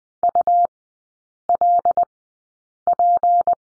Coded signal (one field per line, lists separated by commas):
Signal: Morse code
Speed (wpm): 20 wpm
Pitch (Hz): 700 Hz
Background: none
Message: ULP